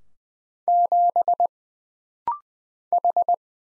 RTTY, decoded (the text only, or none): none